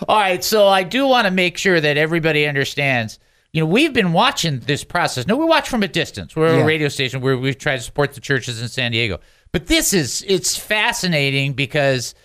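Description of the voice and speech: An adult male radio host talks fluently in a clear, steady conversational voice, with ordinary pacing and brief pauses.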